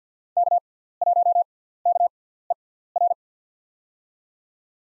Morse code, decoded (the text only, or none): K1KER